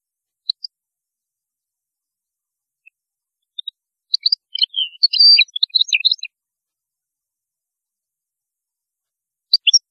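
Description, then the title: European goldfinch song, a brief burst of tinkling, twittering notes in the middle, with scattered single high chirps before and after in otherwise quiet surroundings. "Chant Chardonneret"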